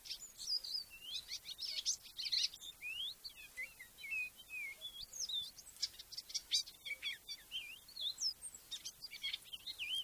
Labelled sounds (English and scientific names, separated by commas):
Icterine Warbler (Hippolais icterina) song